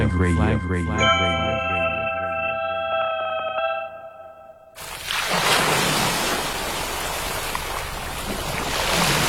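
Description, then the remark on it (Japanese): A short melodic jingle of sustained, layered tones gives way halfway through to a loud, rushing roar of ocean waves surging and washing over one another, with no music beneath. “どこか遠くの心の中の雫がポタリ集まって、ザバン。ザバン、海が揺れている。”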